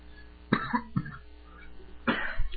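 A man coughs in harsh, raspy bursts: two quick coughs close together, then a short pause before a longer, rougher cough. No talking accompanies them.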